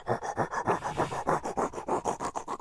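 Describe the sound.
A voice imitates a toothbrush scrubbing: a quick, steady train of about a dozen breathy, raspy strokes, back-and-forth and fairly loud, with no talking.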